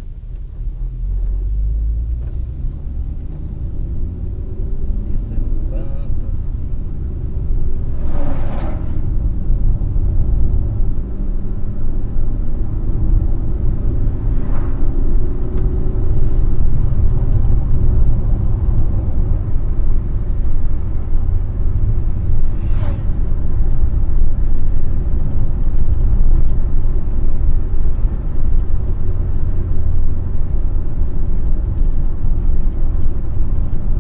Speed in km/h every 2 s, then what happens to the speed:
19, 30, 42, 46, 53, 60, 67, 74, 77, 74, 73, 72, 74, 77, 75, 73, 73.
0-15 speeds up to 77. 15-34 steady at about 74.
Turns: none.